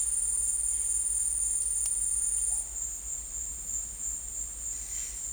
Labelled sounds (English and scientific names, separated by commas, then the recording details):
none
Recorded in secondary vegetation near Puerto Asís, Putumayo, Colombia, on 26 December 2024 at 14:00
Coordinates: 0.484, -76.319
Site GP06